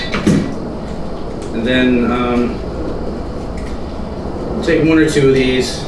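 The lid of a sealed glass candy jar holding oxygen absorbers is popped open, releasing with a sharp pop at 0.1 s because the stored absorbers have created suction inside. Someone then talks while handling the jar.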